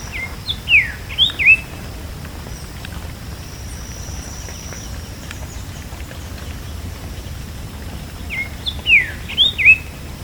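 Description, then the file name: Bird giving a burst of several whistled, slurred notes, then a long pause before the same phrase returns near the end; constant high whine behind. "SABIOD bird 2015"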